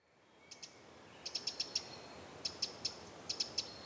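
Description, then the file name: Eurasian wren calling with sharp, dry ticking notes, first a pair, then bursts of three to five rapid clicks separated by short pauses, over a soft steady hiss. "Troglodytes troglodytes"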